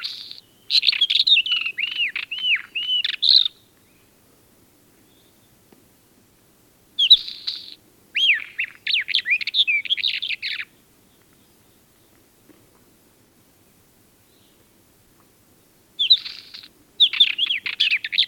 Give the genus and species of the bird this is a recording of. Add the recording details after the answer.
Oenanthe isabellina. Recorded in the wild. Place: Wüste Gobi, MN. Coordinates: 42.795, 105.032. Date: 1979-06-01 04:50. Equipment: Nagra III BH, Sennheiser MD 21, parabola. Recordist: Schubert, Michael